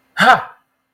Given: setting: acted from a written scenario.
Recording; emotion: vocal sound without words; elation